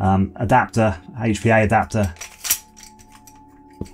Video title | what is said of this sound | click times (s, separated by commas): ICS ICP Review - The Replica Sidearm With A Trick Up It's Sleeve | and I can tell you that that does also fit in there and locks into place just fine | 2.5 s